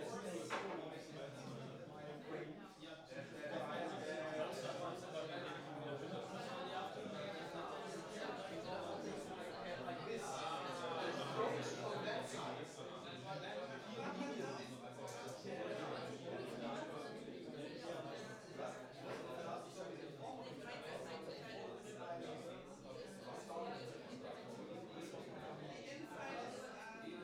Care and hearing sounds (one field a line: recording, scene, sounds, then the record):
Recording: everyday scene through a hearing-aid microphone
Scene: many people talking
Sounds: many voices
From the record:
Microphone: in the ear canal, right